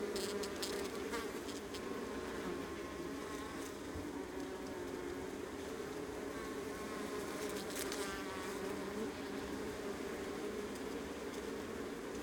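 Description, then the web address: Honey bees in a dense, steady colony hum, many overlapping wingbeat buzzes forming a continuous drone, with brief clicks now and then. Honey bee colony recorded close up on the Adriatic coast, northern Mediterranean. "Ivo Vicic - Northern Mediterranean soundscapes - Adriatic sea. Honey bee colony close"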